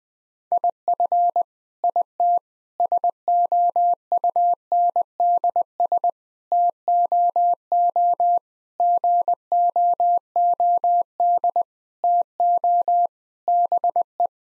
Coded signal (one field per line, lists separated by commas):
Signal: Morse code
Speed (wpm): 20 wpm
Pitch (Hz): 700 Hz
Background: none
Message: IF IT SOUNDS TOO GOOD TO BE